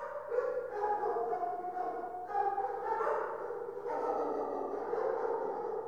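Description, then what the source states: Dogs barking and yelping in a steady overlapping chorus over a low hum. Many dogs barking in an indoor kennel.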